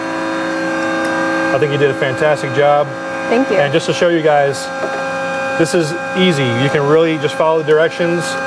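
A UPR quick-connect hose fitting is being handled near its port on a catch can for an S550 Mustang. Someone talks over a steady background hum with sustained tones, with no sharp clicks. Nothing has seated or clicked yet.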